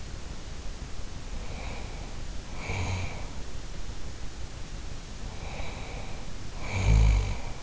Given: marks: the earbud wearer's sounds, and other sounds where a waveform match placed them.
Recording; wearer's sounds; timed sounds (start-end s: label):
sounds in sleep by an in-ear microphone; snoring breath
1.27-3.53 s: snoring breath
5.13-7.63 s: snoring breath